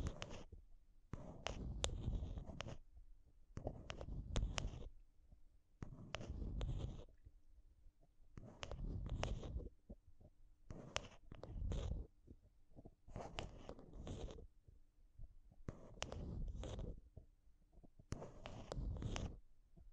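Intense tapping and scratching on a microphone comes in short, dense bursts, each lasting about a second with brief gaps between, repeating steadily across the whole twenty seconds. The bursts are heavy and thumping with a gritty, scraping top. A faint low hum sits underneath throughout.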